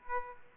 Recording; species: mosquito wingbeat signal from an infrared sensor; Aedes aegypti